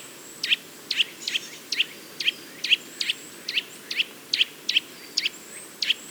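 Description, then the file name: Eurasian nuthatch giving a rapid series of many clear, sharp call notes. "Sitta europaea"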